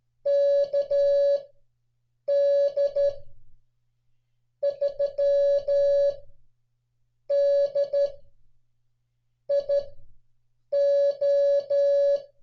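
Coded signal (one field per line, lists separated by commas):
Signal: Morse code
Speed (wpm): 13 wpm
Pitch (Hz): 560 Hz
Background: none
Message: KD3DIO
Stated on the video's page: Morse call sign copying practice using real North American call signs from a 1991 log.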